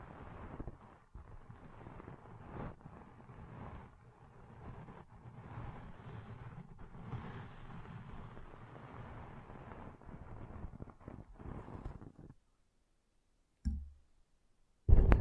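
Ear cleaning sounds: a dense, steady rubbing and rustling that stays low and muffled for about twelve seconds, with brief scratchy clicks scattered through it. Then it cuts to silence, broken by a short thud near fourteen seconds and a louder scrape at the end.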